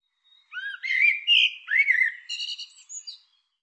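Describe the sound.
Bird song: a quick run of varied chirps and slurred whistled notes, several rising, ending in thinner high twitters, with a quiet background.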